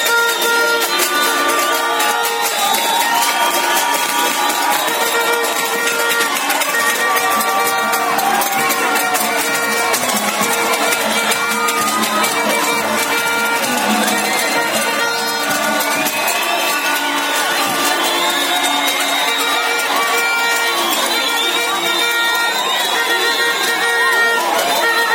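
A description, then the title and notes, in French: Street ambience outside the Tennessee just after the victory: a dense, steady crowd of cheering and chatter with overlapping voices and tonal shouts throughout. Courte vidéo d'ambiance dans la rue face au Tennessee (Talatamaty/Mandrosoa) juste après la victoire (tirs aux buts) des Barea de Madagascar face à la RDCongo.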